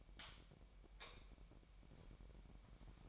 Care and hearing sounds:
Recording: daily activity, microphone in the room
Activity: light off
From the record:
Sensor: 1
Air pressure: 1012.0 hPa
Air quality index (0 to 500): 231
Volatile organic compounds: 6 ppm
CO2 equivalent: 1841 ppm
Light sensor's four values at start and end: 17/45/18/20 and 13/31/13/15

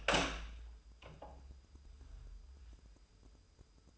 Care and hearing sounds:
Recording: daily activity, microphone in the room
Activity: open door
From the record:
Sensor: 2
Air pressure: 996.0 hPa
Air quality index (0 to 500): 35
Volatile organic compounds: 1 ppm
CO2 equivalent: 626 ppm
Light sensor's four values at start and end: 11/27/11/12 and 12/27/12/12

